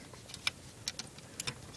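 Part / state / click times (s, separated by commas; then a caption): plastic sliding brick into a LEGO ship mast mechanism / not seated / none. A sliding plastic LEGO piece is handled and fitted toward its slot in the collapsing mast mechanism of a LEGO shipwreck model. Several short, sharp plastic taps are heard around 0.5, 0.9 and 1.4 s over a quiet background. The piece has not yet locked into place, and nothing has seated or clicked yet.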